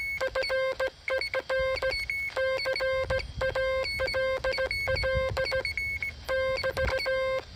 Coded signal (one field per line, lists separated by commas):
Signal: Morse code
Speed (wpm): 16 wpm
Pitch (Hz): 530 Hz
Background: music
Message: FER CALL <BT>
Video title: Fixed Frequency QRP CW: I learn an important lesson!